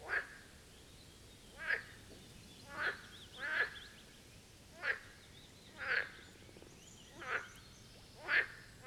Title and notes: Marsh Frogs of the Birkensee. A chorus of Marsh Frog ( Pelophylax ridibundus ) at the Birkensee, in Schönbuch, DE. Recorded on one of the first proper hot days of this Summer (2023)